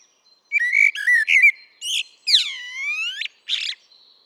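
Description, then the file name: Eurasian blackbird song with a quick series of fluty whistles, then a long slurred note that dips and rises again, and a brief scratchy squeak at the end. "Turdus merula"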